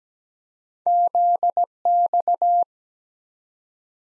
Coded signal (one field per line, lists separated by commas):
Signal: Morse code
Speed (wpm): 17 wpm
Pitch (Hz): 700 Hz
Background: none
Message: ZX